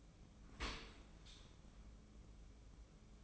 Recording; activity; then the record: daily activity, microphone in the room; open dishwasher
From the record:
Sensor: 1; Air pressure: 1012.4 hPa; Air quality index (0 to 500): 170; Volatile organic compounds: 3 ppm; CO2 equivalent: 1387 ppm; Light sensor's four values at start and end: 386/863/388/424 and 387/867/390/426